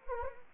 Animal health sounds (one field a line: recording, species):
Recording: mosquito wingbeat signal from an infrared sensor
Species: Anopheles arabiensis